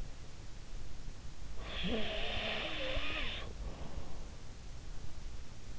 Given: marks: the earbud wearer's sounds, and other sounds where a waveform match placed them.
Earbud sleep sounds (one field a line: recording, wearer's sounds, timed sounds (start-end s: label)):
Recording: sounds in sleep by an in-ear microphone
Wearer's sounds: snoring breath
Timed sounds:
1.57-4.12 s: snoring breath